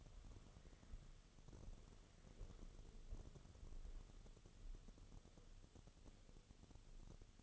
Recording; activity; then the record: daily activity, microphone in the room; walk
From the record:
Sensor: 4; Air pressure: 1016.2 hPa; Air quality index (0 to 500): 164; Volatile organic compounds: 6 ppm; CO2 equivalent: 1865 ppm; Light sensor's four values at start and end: 9/20/8/7 and 9/20/8/7